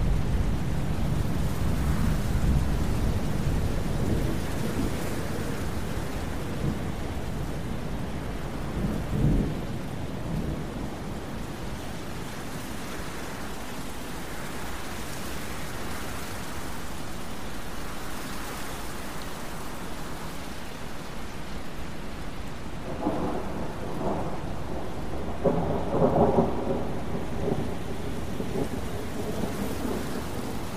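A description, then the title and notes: A thunderstorm with steady rain hissing throughout and a deep rolling rumble of thunder in the first several seconds. A sharp crack comes around nine seconds, and near the end, from about 23 to 27 seconds, rumbles and bursts of wind swell up. Thunderstorm Sounds for Sleep with Wind White Noise | Lightning & Thunder.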